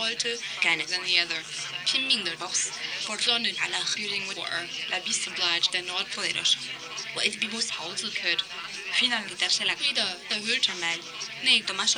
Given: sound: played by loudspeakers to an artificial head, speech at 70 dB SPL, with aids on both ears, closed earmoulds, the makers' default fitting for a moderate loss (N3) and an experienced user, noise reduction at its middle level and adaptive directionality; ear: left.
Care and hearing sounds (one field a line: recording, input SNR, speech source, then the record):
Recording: speech test signal (ISTS) in cocktail-party noise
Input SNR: +6 dB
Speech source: in front (0 degrees)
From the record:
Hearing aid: class 2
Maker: A